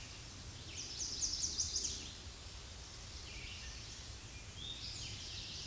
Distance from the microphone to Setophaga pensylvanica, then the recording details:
about 25 m. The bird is about level with the microphone. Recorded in a Pennsylvania forest on 16 May 2024 at 06:53. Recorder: AudioMoth, point MSD-2083. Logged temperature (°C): 16.7 °C. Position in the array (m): 150 m, -1 m